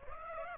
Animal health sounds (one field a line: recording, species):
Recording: mosquito wingbeat signal from an infrared sensor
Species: Aedes aegypti